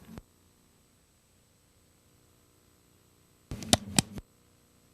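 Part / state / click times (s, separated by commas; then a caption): sewing machine presser foot onto presser foot shank / seated / 3.7 s, 4.0 s. A new presser foot on a Singer IZEK sewing machine is placed under the presser foot shank, and the presser foot lifter is lowered so the shank fits over the foot pin. After a quiet stretch, a short burst of handling noise leads to two loud, sharp snaps at 3.7 s and 4.0 s as the foot seats onto the shank.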